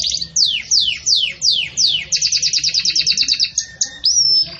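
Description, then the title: Belgian canary song opening with a run of steep descending whistles, then a rapid chattering trill and a final drawn-out whistled note. Domestic Belgian canary singing the pure "campainha" song style, with pauses, for training. "Canto Canário Belga Campainha Puro Com Pausa Para Treinamento"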